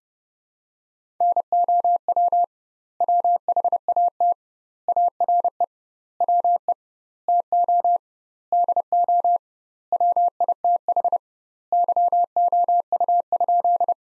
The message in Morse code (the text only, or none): NOW WHAT ARE WE TO DO WITH YOU?